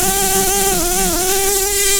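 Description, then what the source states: Red-tailed bumblebee buzzing: a steady, droning hum with strong harmonics, dipping slightly in pitch twice, continuous throughout. Queens.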